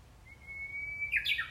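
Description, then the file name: Japanese bush warbler song: a long, steady whistled note held for nearly a second, then a quick, loud, tumbling flourish at the end. "ウグイス"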